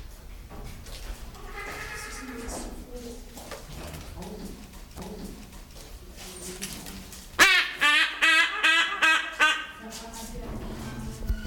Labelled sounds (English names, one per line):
Trumpeter Hornbill call